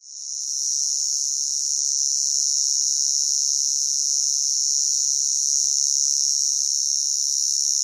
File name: zapsplat. cricket or cicada loud single chirp constant qld australia summer